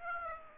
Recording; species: mosquito wingbeat signal from an infrared sensor; Aedes aegypti